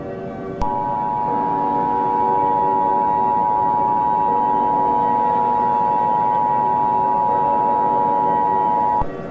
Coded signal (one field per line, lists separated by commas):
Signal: Emergency Alert System (SAME) tones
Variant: 853 and 960 Hz attention tone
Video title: Bigger than Jupiter (mini Eas scenario)